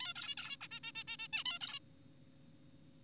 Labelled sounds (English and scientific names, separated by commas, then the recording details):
Zebra Finch (Taeniopygia guttata)
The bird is an adult
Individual g4p5U